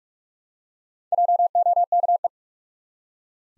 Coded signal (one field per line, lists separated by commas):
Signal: Morse code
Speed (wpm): 44 wpm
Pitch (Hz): 700 Hz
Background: none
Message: JOKE